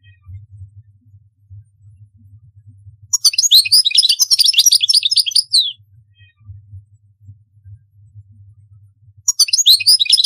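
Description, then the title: European goldfinch sings a dense, tinkling twittering phrase of about two and a half seconds, falls silent, then starts again at the end; steady low hum in the background. "Chant Chardonneret"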